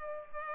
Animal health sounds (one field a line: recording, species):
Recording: mosquito wingbeat signal from an infrared sensor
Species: Culex pipiens